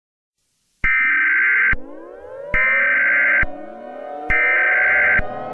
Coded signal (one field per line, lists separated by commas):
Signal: Emergency Alert System (SAME) tones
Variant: header bursts